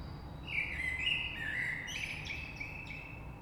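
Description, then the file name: Common blackbird giving one fluty warble that trails into a short high twitter, over a constant low background hum. Recorded 3 March 2020. "Rush Merle"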